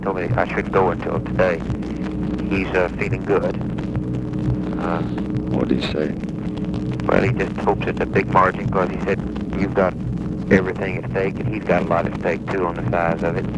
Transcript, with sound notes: They told me I shouldn’t go until today. He’s feeling good.
[softly] What did he say?
Well, he just hopes it’s a big margin, because, he said, you’ve got everything at stake, and he’s got a lot at stake, too, on the size of it.